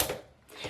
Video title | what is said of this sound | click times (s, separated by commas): How to Make Place Cards with Cricut - Easy Step-by-Step Tutorial | push your pen in until it clicks. | 0.0 s